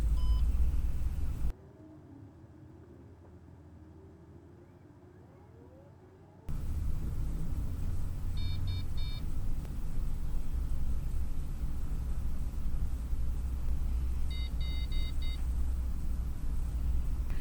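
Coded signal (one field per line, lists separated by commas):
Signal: beep code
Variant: Keysight RF sensor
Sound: one short beep, then three quick beeps, later four quick beeps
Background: fan noise, low rumble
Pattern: 1-3-4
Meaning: After the final group of four beeps, the unit is powered up and ready for measurements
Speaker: there you hear it. So this unit is up and ready to do the subsequent process that you need to run.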